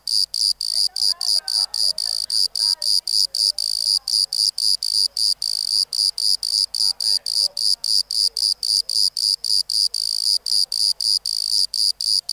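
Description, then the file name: Bordeaux cricket singing high, even chirps about four per second. "Modicogryllus bordigalensis"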